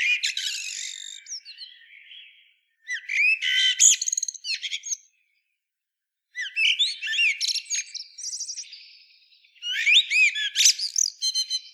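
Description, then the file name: Common blackbird song in busy, high twittering phrases of rapid slurred and chattering notes, delivered in four bursts split by short silences. "Turdus merula"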